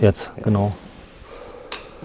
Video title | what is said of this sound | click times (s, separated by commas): Camping-Faltrad: Bergamont Paul E EQ Edition 2021 - genialer Faltmechanismus und Shimano Steps 5000 | the same locked again there safety bolts | 1.7 s